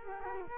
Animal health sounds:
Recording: mosquito wingbeat signal from an infrared sensor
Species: Culex quinquefasciatus

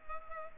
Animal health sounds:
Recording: mosquito wingbeat signal from an infrared sensor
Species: Culex pipiens

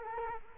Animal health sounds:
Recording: mosquito wingbeat signal from an infrared sensor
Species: Culex quinquefasciatus

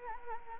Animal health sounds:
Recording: mosquito wingbeat signal from an infrared sensor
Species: Anopheles arabiensis

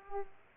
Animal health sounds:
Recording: mosquito wingbeat signal from an infrared sensor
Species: Culex pipiens

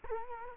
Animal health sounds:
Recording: mosquito wingbeat signal from an infrared sensor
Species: Culex quinquefasciatus

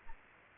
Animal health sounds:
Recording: mosquito wingbeat signal from an infrared sensor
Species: Aedes albopictus

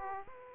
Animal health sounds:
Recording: mosquito wingbeat signal from an infrared sensor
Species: Aedes aegypti

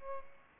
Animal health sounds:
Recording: mosquito wingbeat signal from an infrared sensor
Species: Aedes albopictus

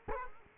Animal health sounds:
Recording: mosquito wingbeat signal from an infrared sensor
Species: Culex quinquefasciatus

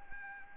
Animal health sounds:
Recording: mosquito wingbeat signal from an infrared sensor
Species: Anopheles arabiensis

